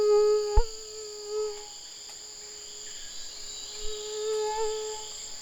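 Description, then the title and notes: Mosquito whine, a thin droning hum with small pitch wobbles throughout, set against a shrill continuous insect background and a sharp click near the start. Tropical mosquito recorded 17 November 2006 on the Chemin des grands arbres trail, Saül, French Guiana, with a Nagra LB and cardioid MKH40 microphone. "MOUSTIQUE TROPICAL. 17 novembre 2006-Chemin des grands arbres - Saül - Nagra Lb - cardioïde - mkh40"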